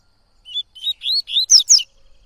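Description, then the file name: Yellow-bellied seedeater song, one brisk phrase of about six clear whistled notes, climbing in pitch toward a sharper ending. "canto de coleiro baiano"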